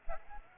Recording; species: mosquito wingbeat signal from an infrared sensor; Aedes aegypti